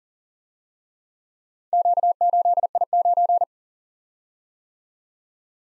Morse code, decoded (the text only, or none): Q8I9